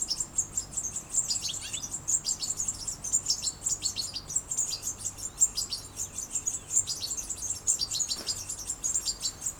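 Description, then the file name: European goldfinch giving a dense, continuous stream of high, tinkling chirps and twitters, overlapping throughout with little pause, over faint low background hiss. "Carduelis carduelis"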